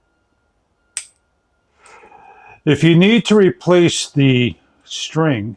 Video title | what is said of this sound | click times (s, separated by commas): Headak Life Hummingbird Feeder and Bird Bath for Outdoors 2-in-1 | and just work around so it locks into place. | 1.0 s